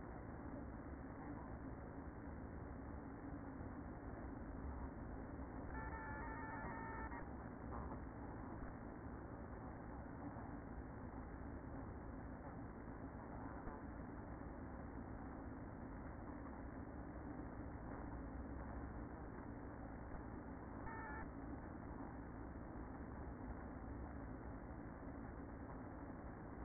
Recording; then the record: honeybee colony, microphone inside the hive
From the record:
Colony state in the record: queen present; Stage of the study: after two queens were removed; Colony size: about 60,000 bees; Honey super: yes